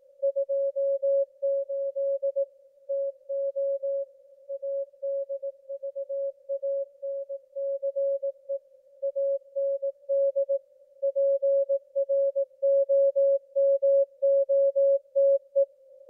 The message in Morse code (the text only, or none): 28 TO ADVANCE AND PROMOTE